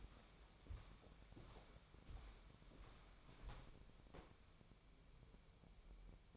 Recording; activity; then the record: daily activity, microphone in the room; walk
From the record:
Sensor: 1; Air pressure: 1015.3 hPa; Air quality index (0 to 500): 126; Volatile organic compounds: 5 ppm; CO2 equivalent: 1736 ppm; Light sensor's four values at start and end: 14/33/14/15 and 14/33/14/15